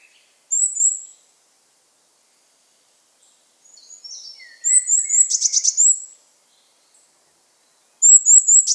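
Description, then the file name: Eurasian blue tit calling with high thin seeps and a buzzy churring burst, plus soft lower twittering notes in between. "Cyanistes caeruleus"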